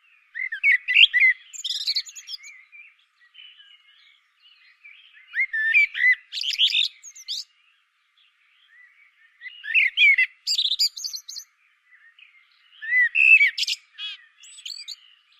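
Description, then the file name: Common blackbird singing four strophes about four seconds apart: low fluty warbles running into sharp, high twittering endings. "Turdus merula"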